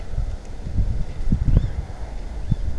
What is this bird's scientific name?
Strix aluco